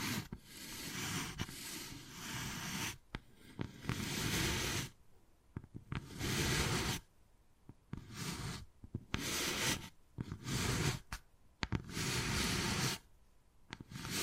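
Wood carving sounds: long, rough scraping and rubbing strokes, each lasting one to three seconds, separated by short near-silent pauses. The scratching is dense and gritty, and a few sharp taps and clicks fall between and at the edges of the strokes.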